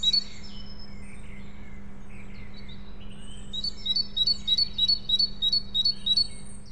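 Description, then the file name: Great tit, a few scattered high notes, then a run of several quick two-note phrases in the second half, over a constant low hum. "Parus major"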